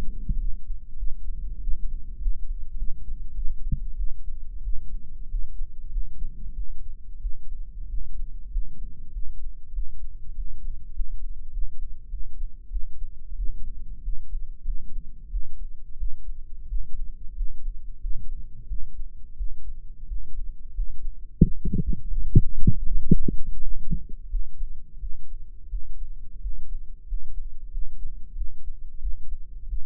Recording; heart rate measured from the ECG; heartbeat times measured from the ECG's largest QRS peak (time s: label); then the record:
heart sounds by microphone in the right ear; 92 bpm
0.37 s: heartbeat
0.96 s: heartbeat
1.59 s: heartbeat
2.18 s: heartbeat
2.75 s: heartbeat
3.33 s: heartbeat
3.94 s: heartbeat
4.61 s: heartbeat
5.26 s: heartbeat
5.88 s: heartbeat
6.53 s: heartbeat
7.19 s: heartbeat
7.87 s: heartbeat
8.49 s: heartbeat
9.10 s: heartbeat
9.71 s: heartbeat
10.33 s: heartbeat
10.91 s: heartbeat
11.49 s: heartbeat
12.08 s: heartbeat
12.69 s: heartbeat
13.34 s: heartbeat
14.00 s: heartbeat
14.62 s: heartbeat
15.29 s: heartbeat
15.96 s: heartbeat
16.66 s: heartbeat
17.33 s: heartbeat
17.98 s: heartbeat
18.66 s: heartbeat
19.35 s: heartbeat
20.05 s: heartbeat
20.72 s: heartbeat
21.39 s: heartbeat
22.09 s: heartbeat
22.84 s: heartbeat
23.59 s: heartbeat
24.27 s: heartbeat
24.97 s: heartbeat
25.68 s: heartbeat
26.39 s: heartbeat
27.04 s: heartbeat
27.69 s: heartbeat
28.34 s: heartbeat
28.99 s: heartbeat
29.66 s: heartbeat
From the record:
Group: healthy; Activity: rest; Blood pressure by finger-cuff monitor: 122/87 mmHg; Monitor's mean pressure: 99 mmHg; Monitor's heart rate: 91 bpm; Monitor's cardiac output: 6.5 L/min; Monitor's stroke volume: 71 mL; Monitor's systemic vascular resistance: 1120 dyn s/cm5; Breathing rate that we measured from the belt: 19 breaths a minute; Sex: male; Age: 21 years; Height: 180 cm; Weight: 67.5 kg